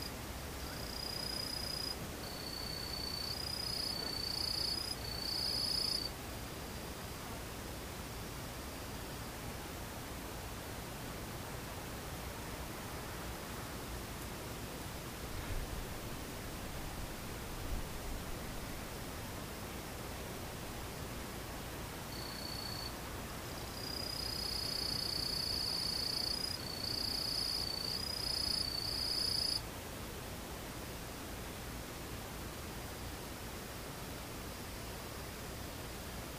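Insects trill in high, buzzing pulses during the first six seconds and again from about 23 to 29 seconds, over a steady soft hiss.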